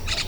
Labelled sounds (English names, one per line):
Brown-throated Parakeet contact call